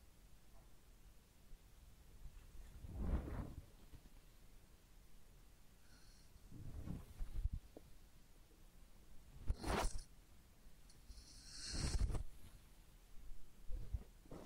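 Head massage and ear cleaning with soft rubbing and brushing sounds, swelling in bursts roughly every three seconds, some with bright scratchy tops.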